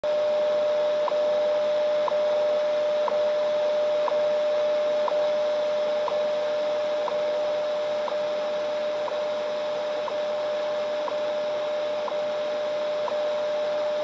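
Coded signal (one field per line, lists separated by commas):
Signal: radio time signal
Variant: WWV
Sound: steady low tone broken by a short tick every second, about 14 ticks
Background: radio static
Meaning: Each tick marks one second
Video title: WWV time signal 10000 KHz received on Realistic DX-55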